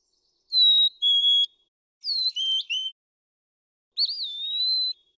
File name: Brown Thrasher